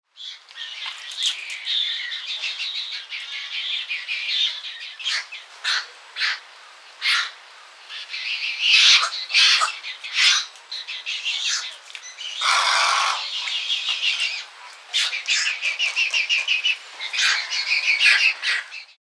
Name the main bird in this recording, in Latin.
Egretta garzetta